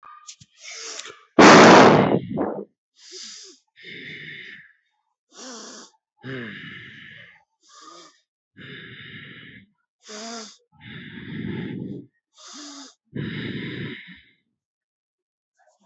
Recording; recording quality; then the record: deep breathing; excellent, no background noise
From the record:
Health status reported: healthy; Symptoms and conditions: diabetes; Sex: male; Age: 42 years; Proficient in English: yes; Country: India